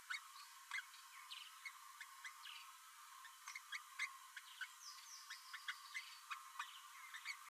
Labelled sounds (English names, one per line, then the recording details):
Green-rumped Parrotlet babbling
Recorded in a nest box in Venezuela
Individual 18B12A3